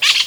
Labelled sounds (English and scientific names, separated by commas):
Brown-throated Parakeet (Eupsittula pertinax) contact call